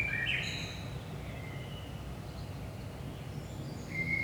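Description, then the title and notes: Common blackbird gives a short fluty phrase at the start and another note at the end, with a quiet gap and low steady hum between. Saint-Gilles, Belgium; early morning, 5 am; recorded with a DPA 4060 microphone pair in AB position into a Zoom F3. "Saint-Gilles, Belgique - 5am Blackbird. Blackbird in the morning. Merle au petit matin"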